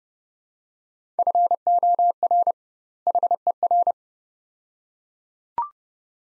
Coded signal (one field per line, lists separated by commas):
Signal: Morse code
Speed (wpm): 31 wpm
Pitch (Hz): 700 Hz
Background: none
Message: FOR HER